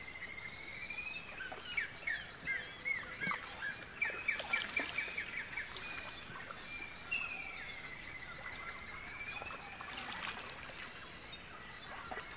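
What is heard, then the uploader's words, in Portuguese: Birds call along a river, a repeated chirping run early then a long rising whistle, over a steady high insect hum and faint splashes. Tudo começa com um passeio de canoa pelo Rio Tapajós, ouvindo os remos deslizando sobre as águas e o canto dos pássaros típicos da região.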